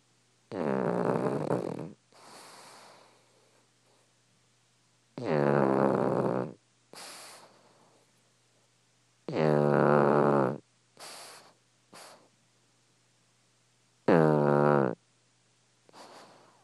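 A pug snoring: loud, buzzing, fluttery snores come at about 14 a minute, each lasting a second or more and followed by a softer exhaled snort or whistle. The rhythm is fairly regular, typical of a flat-faced dog snoring in its sleep.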